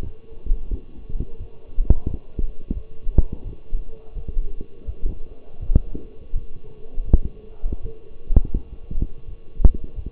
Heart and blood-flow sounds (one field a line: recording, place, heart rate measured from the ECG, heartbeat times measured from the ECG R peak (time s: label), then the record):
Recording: heart sounds by stethoscope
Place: between the tricuspid and mitral areas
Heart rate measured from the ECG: 85 bpm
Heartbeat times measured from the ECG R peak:
0.03 s: heartbeat
0.70 s: heartbeat
1.38 s: heartbeat
2.07 s: heartbeat
2.74 s: heartbeat
3.43 s: heartbeat
4.14 s: heartbeat
4.86 s: heartbeat
5.59 s: heartbeat
6.33 s: heartbeat
7.05 s: heartbeat
7.81 s: heartbeat
8.53 s: heartbeat
9.26 s: heartbeat
9.95 s: heartbeat
From the record:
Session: walking at 3.7 km/h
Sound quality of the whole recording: partially saturated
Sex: male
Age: 24 years